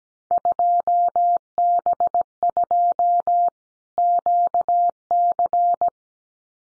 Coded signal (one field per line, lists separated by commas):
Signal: Morse code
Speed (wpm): 17 wpm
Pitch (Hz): 700 Hz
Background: none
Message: 2B2 QC